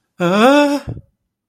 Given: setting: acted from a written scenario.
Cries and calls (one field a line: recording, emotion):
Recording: vocal sound without words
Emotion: distress